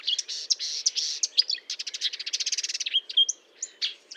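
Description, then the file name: Marsh warbler giving a brief burst of song: harsh buzzy notes, a fast rattling trill and a few thin whistles. Recorded at Fontaine-Française (Fourneau), France, on 1 June 2022 at 10:55, using a Nagra recorder with a Telinga parabolic microphone. "Rousserolle verderolle 20220601 1055 Fontaine-Francaise-Fourneau-Nagra-Telinga"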